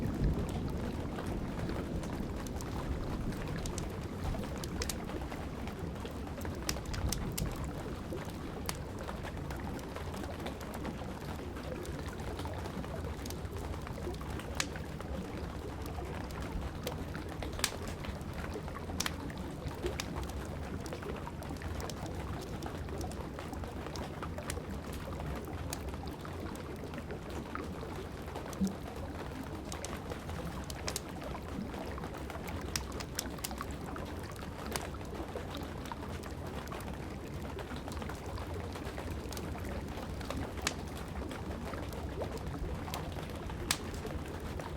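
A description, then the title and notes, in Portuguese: Rain falls in a steady, dense hiss over a low, constant rumble while a fireplace crackles. Sharp pops and snaps come irregularly but often, some louder than others, across the whole stretch. The overall level stays even from start to finish. Som de chuva e o relaxante estralar do fogo da lareira.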